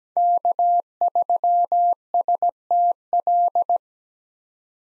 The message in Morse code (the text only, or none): K3STL